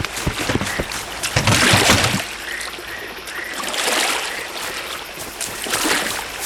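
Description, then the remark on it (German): A boat moving through river water: a steady rushing wash with bursts of splashing early on, and faint high chirps over the flow. No one speaks. “Oh, der Fluss liegt gerade vor uns. Wir fliehen auf diese Weite.”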